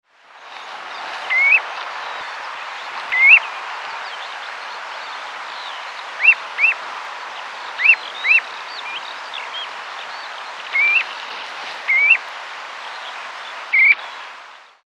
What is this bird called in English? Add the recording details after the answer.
Common Ringed Plover. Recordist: Tembrock, Günter. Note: Rufe am Nest